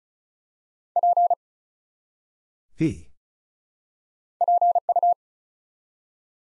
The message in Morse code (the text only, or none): P PU